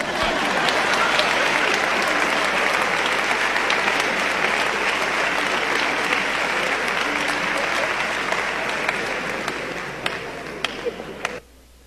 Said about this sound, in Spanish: Y bueno, y escuchamos el aplauso que indica la petición del público jalapeño para un encore.